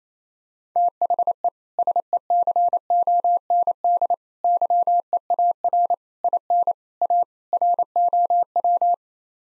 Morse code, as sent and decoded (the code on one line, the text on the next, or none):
- .... . / ... . -.-. --- -. -.. / -.-- . .- .-. / .. -. / .- / .-. --- .--
THE SECOND YEAR IN A ROW